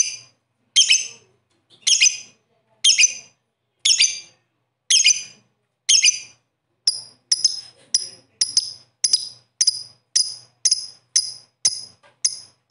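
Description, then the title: Bird calling with sharp ringing notes, first spaced about a second apart, then quickening into a steady, rapid run of shorter chirps. "Kicau Burung"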